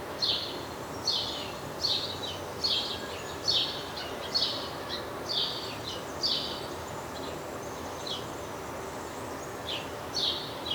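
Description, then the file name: House sparrow chirps, short bright notes repeated roughly once a second, some doubled, over a steady hiss of background noise. "Passer domesticus"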